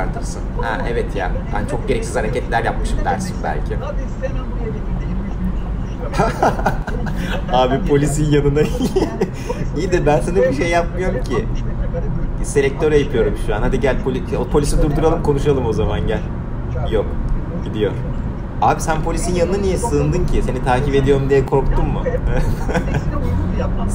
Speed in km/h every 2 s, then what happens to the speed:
100, 99, 96, 92, 91, 93, 95, 102, 105, 109, 115, 119.
0-11 slows to 93. 11-24 speeds up to 119.